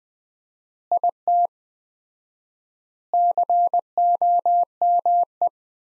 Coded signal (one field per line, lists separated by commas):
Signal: Morse code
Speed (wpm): 21 wpm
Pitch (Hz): 700 Hz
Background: none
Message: IT COME